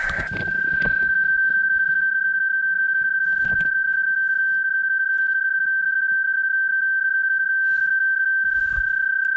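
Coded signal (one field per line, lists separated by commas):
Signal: PSK31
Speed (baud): 31.25 baud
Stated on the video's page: CW on a summit activation, Summits on the Air, after a PSK31 test made with a cell phone app.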